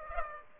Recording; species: mosquito wingbeat signal from an infrared sensor; Aedes aegypti